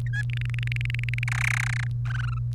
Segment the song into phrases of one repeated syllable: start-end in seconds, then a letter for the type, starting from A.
0.07-0.22 A, 0.30-1.24 B, 1.28-1.84 C, 2.06-2.38 D